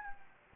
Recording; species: mosquito wingbeat signal from an infrared sensor; Anopheles gambiae